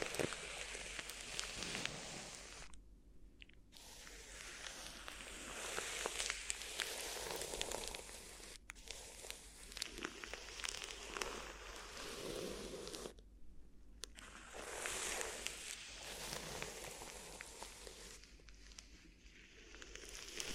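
Crinkly ear massage sounds: dense, continuous rustling and crackling with bright, sharp edges and many quick pops. Clear breaks fall near 3 and 13–14 seconds, with a brief dip around 8.5 seconds, before the crinkling resumes at similar intensity.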